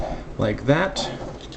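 Someone talks while folding two plastic panel pieces back on a transforming plastic toy figure; the panels are meant to soft-lock into place because of their shape rather than snapping onto a tab. The pieces are only being handled, and nothing has seated or clicked yet.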